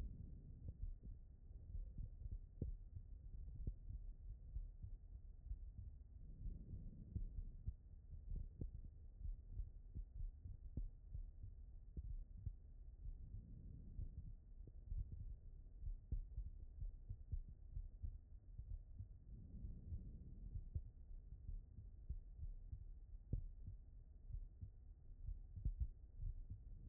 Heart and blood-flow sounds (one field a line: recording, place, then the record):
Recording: heart sounds by stethoscope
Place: aortic valve (AV)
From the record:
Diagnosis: non-HFrEF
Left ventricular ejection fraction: 70%